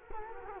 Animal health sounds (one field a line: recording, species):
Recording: mosquito wingbeat signal from an infrared sensor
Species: Culex quinquefasciatus